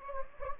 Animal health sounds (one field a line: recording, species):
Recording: mosquito wingbeat signal from an infrared sensor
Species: Anopheles gambiae